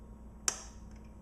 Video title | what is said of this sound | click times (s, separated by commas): Urban Threads Lesson 1 | and then the front and then once you hear that click it means that is back in place | 0.5 s